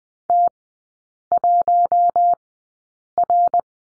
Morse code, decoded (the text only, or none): T1R